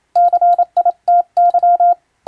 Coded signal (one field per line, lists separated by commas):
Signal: Morse code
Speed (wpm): 27 wpm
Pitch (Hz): 700 Hz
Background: none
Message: CITY